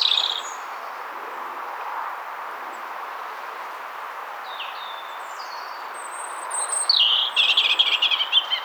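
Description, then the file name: European robin song: a brief high thin phrase at the start, then a long lull with faint notes before a fuller twittering burst of high warbles near the end. "Erithacus rubecula"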